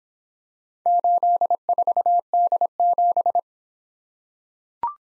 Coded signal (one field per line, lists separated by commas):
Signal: Morse code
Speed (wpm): 25 wpm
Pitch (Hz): 700 Hz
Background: none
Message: 84D7